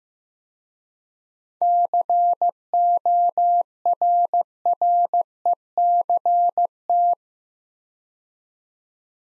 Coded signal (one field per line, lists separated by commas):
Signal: Morse code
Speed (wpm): 15 wpm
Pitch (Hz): 700 Hz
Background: none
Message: CORRECT